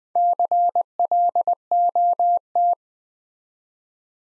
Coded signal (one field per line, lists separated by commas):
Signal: Morse code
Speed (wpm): 20 wpm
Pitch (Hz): 700 Hz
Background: none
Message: CLOT